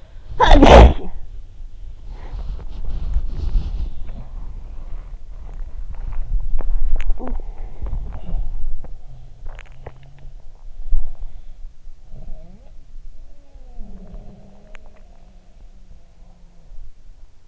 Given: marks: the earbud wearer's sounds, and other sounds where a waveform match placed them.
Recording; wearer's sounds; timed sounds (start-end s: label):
sounds in sleep by an in-ear microphone; cough or throat clearing or sniffle, body movement, teeth grinding, talking in sleep
0.00-1.72 s: cough or throat clearing or sniffle
1.94-17.48 s: body movement
5.87-7.25 s: teeth grinding
7.07-7.52 s: talking in sleep
8.09-10.60 s: sound from someone else or the room
10.82-16.75 s: sound from someone else or the room
14.61-15.32 s: teeth grinding